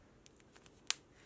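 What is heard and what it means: A plastic snap button stud on fabric is pressed by hand into its socket. A few faint ticks come first, then one sharp snap at 0.9 s as the button closes.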